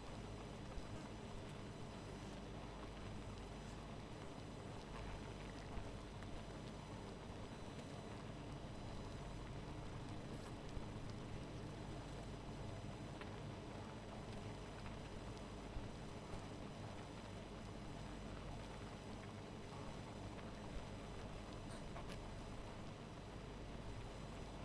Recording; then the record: honeybee colony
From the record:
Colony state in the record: missing queen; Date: 14 July 2017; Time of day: 0:28